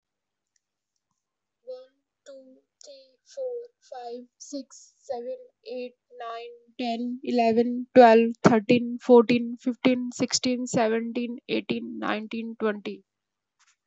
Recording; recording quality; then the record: counting at a normal pace; excellent, no background noise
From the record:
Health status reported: exposed to COVID-19, no respiratory illness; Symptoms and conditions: none ticked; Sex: female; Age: 27 years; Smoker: not ticked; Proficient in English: yes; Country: India